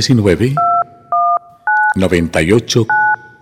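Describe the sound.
Four steady two-pitch telephone keypad tones beep in short bursts, interleaved with a person speaking between them.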